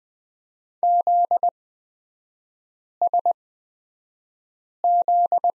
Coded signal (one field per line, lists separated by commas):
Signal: Morse code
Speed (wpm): 20 wpm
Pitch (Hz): 700 Hz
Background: none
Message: ZSZ